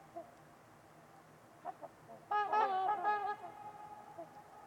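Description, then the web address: Trumpeter swan honks, a few soft notes, then a loud run of brassy trumpeting calls for about a second before fading. Trumpeter swans calling on a winter evening at Winters Lake in a deep, silent valley. "Trumpeter Swans on a Winter's Eve. Wind Is the Original Radio. Nick-Mc Mahan Winters-Lake-with-Swan"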